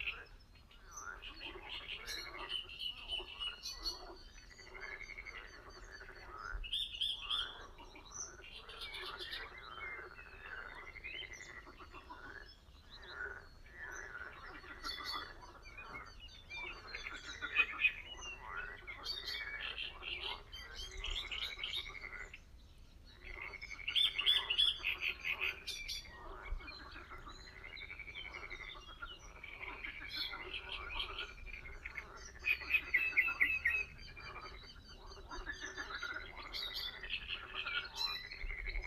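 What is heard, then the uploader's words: Frogs croak in a dense, continuous chorus at an old pond while a reed warbler chatters brightly above, with louder bursts near 24 and 33 seconds. Water birds (Great reed warbler) and frogs sounds at the very old pond. Reed birds and frogs spring sounds at the very old pond.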